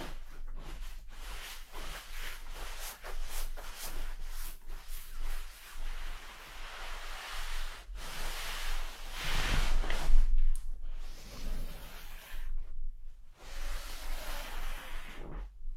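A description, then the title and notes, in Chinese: Pillow and quilt rubbing together in soft, uneven rustling swishes, with a louder, fuller brush around ten seconds and brief pauses near thirteen. 枕头、被子摩擦。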